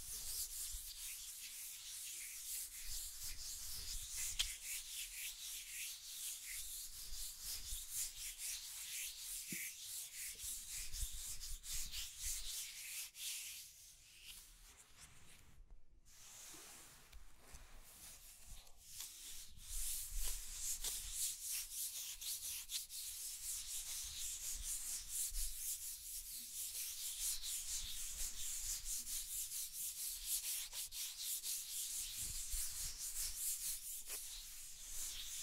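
Scratching and tracing sounds, a steady, dense rasp of something rubbing over a rough surface, bright and hissy with rapid gritty strokes. Around fifteen to twenty seconds it thins and briefly drops out, then resumes at full density until the end.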